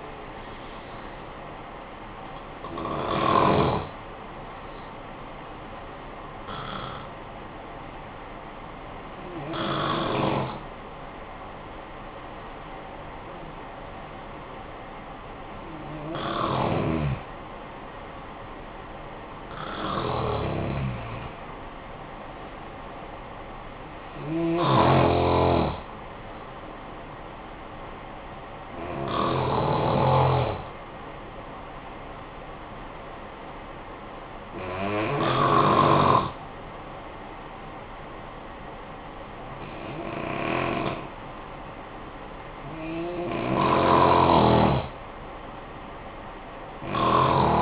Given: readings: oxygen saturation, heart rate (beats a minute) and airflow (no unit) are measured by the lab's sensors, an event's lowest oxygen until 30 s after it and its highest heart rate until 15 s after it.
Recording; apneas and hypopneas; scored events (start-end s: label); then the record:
breathing in sleep by a voice recorder at the bedside; 1
3.00-17.90 s: hypopnea (N1, oxygen 97% highest, then 91% lowest, heart rate 51 at the start, 65 highest)
From the record:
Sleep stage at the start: N1 (lightest sleep); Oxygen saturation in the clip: 91 to 97%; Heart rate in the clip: 51 to 73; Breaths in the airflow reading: 10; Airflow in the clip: -10.6 to 13.7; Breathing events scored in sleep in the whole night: 445 in 7.6 hours asleep